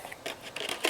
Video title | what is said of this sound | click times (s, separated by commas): IG354 2016 Mini Cooper washing | it snaps and locks into place nicely and I've never had any issues with it | 0.8 s